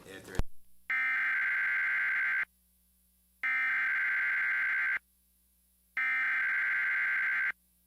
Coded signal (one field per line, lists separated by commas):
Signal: Emergency Alert System (SAME) tones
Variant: header bursts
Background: speech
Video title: Weatherscan - EAS - 12/23/2015 7:25pm